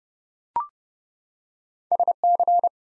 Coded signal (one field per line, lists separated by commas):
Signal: Morse code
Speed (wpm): 30 wpm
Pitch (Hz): 700 Hz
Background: none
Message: SC